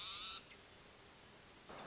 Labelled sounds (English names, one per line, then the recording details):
Hermit Thrush
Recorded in Sonoma County, California